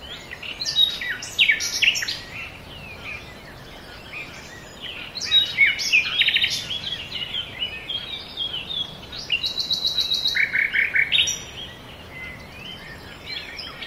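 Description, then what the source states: Several birds sing varied chirps and warbles, with a dry buzzy trill near the end and a constant soft hiss beneath. Forest birds.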